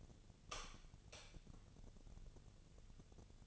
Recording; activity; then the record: daily activity, microphone in the room; light on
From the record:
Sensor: 4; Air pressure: 1000.9 hPa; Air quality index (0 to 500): 124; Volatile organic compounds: 1 ppm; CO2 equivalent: 930 ppm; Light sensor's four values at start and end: 31/75/31/34 and 33/83/34/37